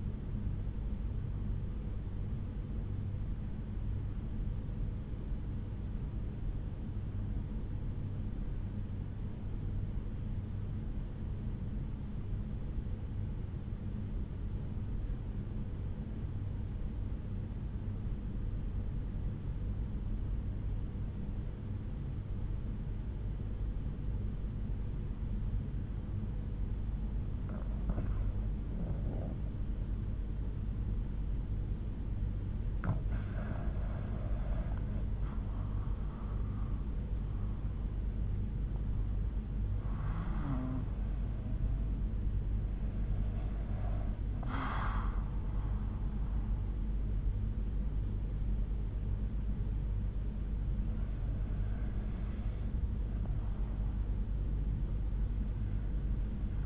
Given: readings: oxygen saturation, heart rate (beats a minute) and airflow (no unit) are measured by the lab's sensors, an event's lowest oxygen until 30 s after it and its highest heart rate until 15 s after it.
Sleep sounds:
breathing in sleep by a smartphone at the bedside; 1
6.00-32.00 s: obstructive apnea (REM, oxygen 94% highest, then 78% lowest, heart rate 65 at the start, 86 highest)
From the record:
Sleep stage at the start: REM sleep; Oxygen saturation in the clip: 80 to 94%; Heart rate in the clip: 60 to 86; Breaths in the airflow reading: 4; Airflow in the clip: -8.0 to 8.5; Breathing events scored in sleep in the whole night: 368 in 8.0 hours asleep

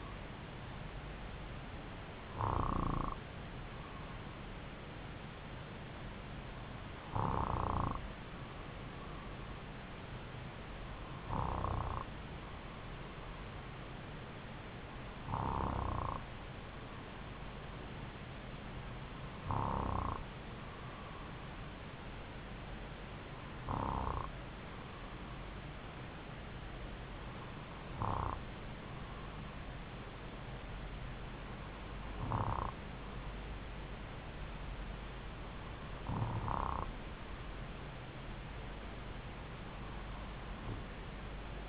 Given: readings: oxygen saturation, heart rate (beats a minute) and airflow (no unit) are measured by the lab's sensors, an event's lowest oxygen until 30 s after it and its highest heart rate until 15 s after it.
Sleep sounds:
breathing in sleep by a voice recorder at the bedside; none
none scored
From the record:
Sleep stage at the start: N2 (light sleep); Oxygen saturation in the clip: 93 to 94%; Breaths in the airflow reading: 10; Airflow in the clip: -3.1 to 3.5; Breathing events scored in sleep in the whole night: 270 in 6.1 hours asleep

